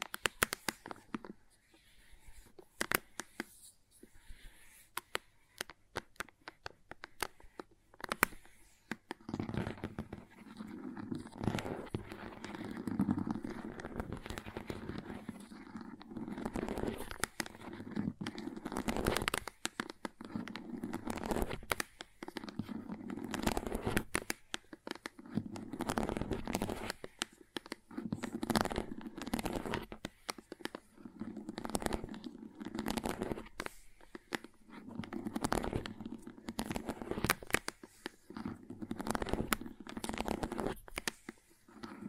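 Crayons tap and scrape in sparse, sharp clicks for the first eight seconds. Then a steady rough scratching of drawing and carving takes over, running in dense strokes with short pauses, broken by frequent crisp taps through to the end.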